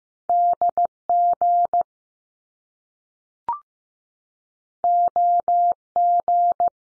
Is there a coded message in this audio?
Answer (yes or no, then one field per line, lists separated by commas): yes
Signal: Morse code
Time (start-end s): 0.3-6.7 s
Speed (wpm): 15 wpm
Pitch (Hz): 700 Hz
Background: none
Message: D G O G